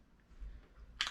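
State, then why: Seated. A pop-up watch mechanism from a magic prop is pressed into its holder, where nubs at the top and bottom grab hold of it. After a quiet low rumble of handling, it snaps into place with a single sharp, bright click at 1.0 s. The watch is seated securely in the holder.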